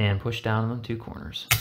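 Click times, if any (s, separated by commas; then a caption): none. A first DDR4 SODIMM memory stick is handled at an angle in the memory socket of an HP Pavilion Gaming Laptop 15, about to be pressed down on both corners until the socket's retaining clips catch it. Someone talks throughout, with faint handling sounds underneath. Nothing has seated or clicked yet.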